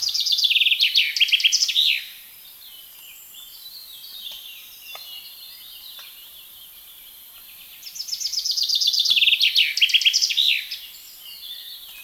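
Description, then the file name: Common chaffinch song: two bright, descending trilled phrases ending in a flourish, the first at the start and the second after a quiet gap. "Fringilla coelebs"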